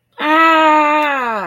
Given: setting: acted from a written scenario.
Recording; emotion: vocal sound without words; distress